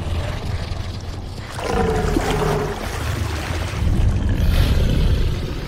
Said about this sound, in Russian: Змей появляется и нависает над лодкой. Он смотрит на Дину, которая тяжело дышит. Змей рычит и клацает зубами.